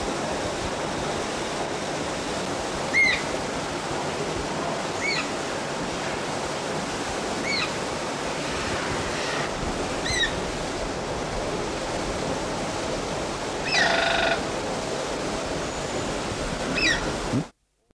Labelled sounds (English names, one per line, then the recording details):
Eclectus Parrot call
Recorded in captivity
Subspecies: aruensis
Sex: pair
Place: Vogelpark Walsrode, Niedersachsen, DE
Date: 1985-06-10
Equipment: Halbspur, 9,5 cm/s
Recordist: Lütgens, Hans
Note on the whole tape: Weibchen aus Nisthöhle, gegen Ende ruft auch Männchen